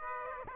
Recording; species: mosquito wingbeat signal from an infrared sensor; Aedes aegypti